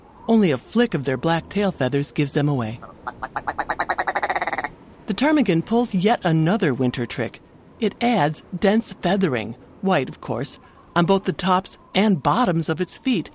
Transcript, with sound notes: Only a flick of their black tail-feathers gives them away. [Male Willow Ptarmigan call] The ptarmigan pulls yet another winter trick. It adds dense feathering – white, of course – on both the tops and bottoms of its feet.